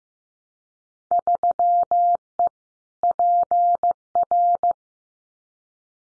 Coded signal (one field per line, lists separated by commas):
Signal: Morse code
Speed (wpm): 15 wpm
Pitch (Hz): 700 Hz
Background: none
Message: 3E PR